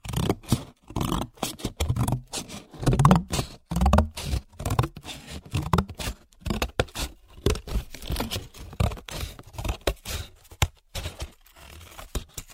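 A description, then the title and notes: Scissors cut through paper in a steady run of short, crisp snips and scraping slides, several per second across the whole stretch. The sound is dry, with slightly fuller, rougher cuts around the three- to four-second mark. 剪紙張｜Cutting Paper.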